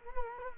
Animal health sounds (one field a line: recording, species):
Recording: mosquito wingbeat signal from an infrared sensor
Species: Culex quinquefasciatus